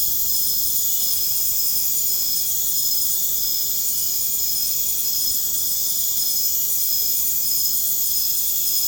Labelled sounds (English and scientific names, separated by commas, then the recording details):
none
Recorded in pastures near Puerto Asís, Putumayo, Colombia, on 29 June 2025 at 00:30
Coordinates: 0.496, -76.326
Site GP01